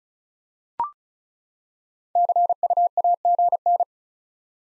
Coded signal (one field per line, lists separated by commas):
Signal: Morse code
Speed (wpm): 36 wpm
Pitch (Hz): 700 Hz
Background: none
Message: CUAGN